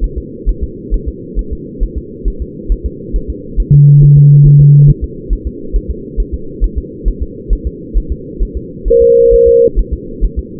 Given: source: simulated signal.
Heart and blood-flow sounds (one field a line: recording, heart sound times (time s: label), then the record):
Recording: fetal heart sounds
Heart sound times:
0.04 s: S1
0.18 s: S2
0.49 s: S1
0.63 s: S2
0.94 s: S1
1.08 s: S2
1.39 s: S1
1.53 s: S2
1.83 s: S1
1.98 s: S2
2.28 s: S1
2.42 s: S2
2.72 s: S1
2.86 s: S2
3.16 s: S1
3.30 s: S2
3.60 s: S1
3.74 s: S2
4.03 s: S1
4.17 s: S2
4.46 s: S1
4.61 s: S2
4.90 s: S1
5.04 s: S2
5.33 s: S1
5.47 s: S2
5.76 s: S1
5.90 s: S2
6.20 s: S1
6.34 s: S2
6.64 s: S1
6.78 s: S2
7.08 s: S1
7.23 s: S2
7.53 s: S1
7.67 s: S2
7.98 s: S1
8.12 s: S2
8.43 s: S1
8.57 s: S2
8.88 s: S1
9.02 s: S2
9.34 s: S1
9.48 s: S2
9.79 s: S1
9.93 s: S2
10.25 s: S1
10.39 s: S2
From the record:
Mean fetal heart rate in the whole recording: 135 bpm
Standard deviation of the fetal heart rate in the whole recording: 3 bpm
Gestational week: 36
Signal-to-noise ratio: -4.3 dB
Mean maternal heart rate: 72 bpm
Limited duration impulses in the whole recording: present